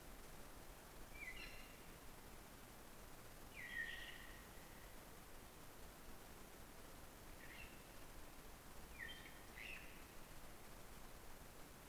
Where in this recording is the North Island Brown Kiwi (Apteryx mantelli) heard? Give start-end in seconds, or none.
none